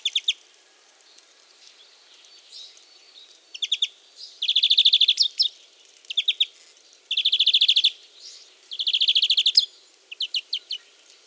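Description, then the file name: European greenfinch trills: quick chirping runs building into longer dense rattles, repeated in bursts with short pauses. "Chloris chloris"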